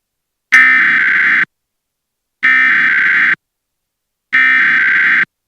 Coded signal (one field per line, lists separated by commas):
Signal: Emergency Alert System (SAME) tones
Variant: header bursts